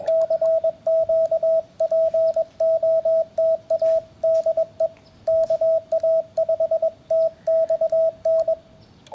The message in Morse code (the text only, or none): CQ POTA DE KA5TXN